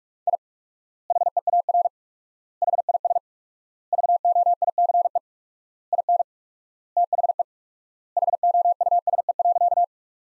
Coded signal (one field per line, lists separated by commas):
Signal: Morse code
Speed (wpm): 41 wpm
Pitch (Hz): 700 Hz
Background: none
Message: I HEAR HIS VOICE IN THE HOUSE.